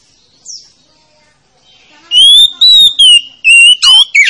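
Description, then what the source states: Oriental magpie-robin song: a faint chirp early, then a loud string of clear whistled notes with sharp inflections toward the end. Used as a lure to make a magpie-robin (kacer) that is reluctant to sing start singing.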